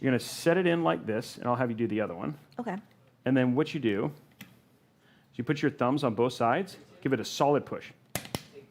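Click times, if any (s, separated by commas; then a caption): 8.2 s, 8.4 s. Someone talks while a DDR5 memory stick is pressed with both thumbs into a motherboard DIMM slot. The retention latches click at about 8.2 s and 8.4 s, and the module is seated.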